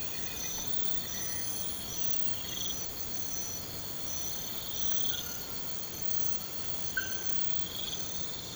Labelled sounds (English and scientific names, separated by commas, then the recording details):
none
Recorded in pastures near Puerto Asís, Putumayo, Colombia, on 24 March 2025 at 02:00
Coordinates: 0.472, -76.329
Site G074